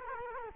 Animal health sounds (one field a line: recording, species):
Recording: mosquito wingbeat signal from an infrared sensor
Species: Culex quinquefasciatus